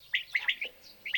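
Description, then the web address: Common quail song, a sharp phrase of several quick liquid chirps followed by the start of another phrase, in a quiet background. Recording made for use in an electronic decoy caller. "Перепел Quaglia. plurifon"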